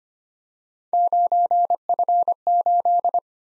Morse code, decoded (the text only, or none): 9F8